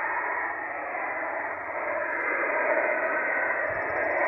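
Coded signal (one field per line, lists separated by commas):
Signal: HF data modem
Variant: MIL-STD-188-110 variant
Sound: steady dense hissing data rush with a sharp-edged band, continuous throughout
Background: radio static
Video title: 5512 kHz USB Israeli Navy Hybrid Modem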